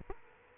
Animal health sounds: mosquito wingbeat signal from an infrared sensor; Aedes aegypti

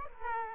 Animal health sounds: mosquito wingbeat signal from an infrared sensor; Aedes aegypti

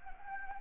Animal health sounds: mosquito wingbeat signal from an infrared sensor; Anopheles gambiae

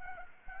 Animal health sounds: mosquito wingbeat signal from an infrared sensor; Anopheles arabiensis

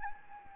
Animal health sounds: mosquito wingbeat signal from an infrared sensor; Anopheles gambiae

